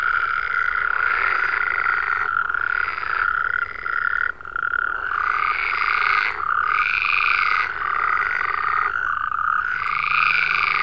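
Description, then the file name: Frogs croaking in a dense chorus: continuous buzzy trilling with overlapping bursts every second or two. "Digiffects Sound Effects Library - Frogs"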